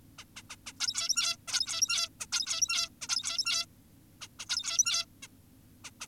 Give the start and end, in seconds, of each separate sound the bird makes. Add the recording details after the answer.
0.18-0.24, 0.36-0.42, 0.50-0.56, 0.67-0.73, 0.80-1.37, 1.48-2.09, 2.20-2.26, 2.32-2.89, 3.02-3.66, 4.22-4.28, 4.39-4.46, 4.49-5.06, 5.23-5.28, 5.84-5.90, 6.01-6.07. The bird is an adult. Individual g17y2U